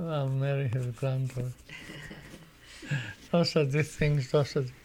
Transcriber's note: laughs